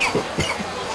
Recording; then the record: coughing mixed with background sound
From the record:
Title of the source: Dry Afternoon Cough